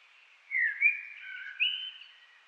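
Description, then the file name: Common blackbird singing one flowing, fluty whistled phrase. "Turdus merula"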